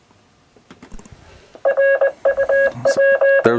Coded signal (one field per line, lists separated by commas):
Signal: Morse code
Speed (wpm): 20 wpm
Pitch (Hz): 550 Hz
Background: none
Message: RUW